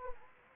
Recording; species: mosquito wingbeat signal from an infrared sensor; Anopheles gambiae